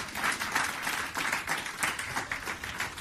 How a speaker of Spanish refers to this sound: Denle un aplauso al Señor por eso.